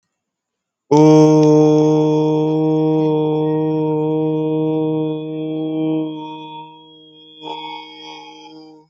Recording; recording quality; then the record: sustained vowel as in boot; excellent, no background noise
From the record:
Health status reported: healthy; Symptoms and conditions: none ticked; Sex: male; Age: 20 years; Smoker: not ticked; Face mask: not worn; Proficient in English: yes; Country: India